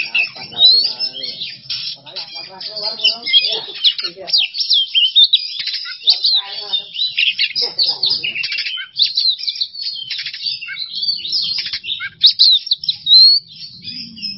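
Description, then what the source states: Oriental magpie-robin singing nonstop, a crowded stream of high squeaks, whistles and rattling trills, with some lower harmonic chirps mixed in. Masteran training recording for songbirds; kacer song in 'bongkar isian emosi' style.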